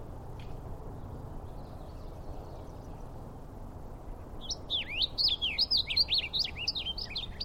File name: Golosa ptic - Lugovoj maskovyj pevun Geothlypis poliocephala